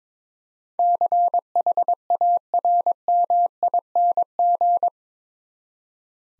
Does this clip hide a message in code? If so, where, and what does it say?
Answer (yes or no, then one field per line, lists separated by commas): yes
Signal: Morse code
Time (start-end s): 0.8-4.9 s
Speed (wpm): 22 wpm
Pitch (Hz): 700 Hz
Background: none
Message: CHARMING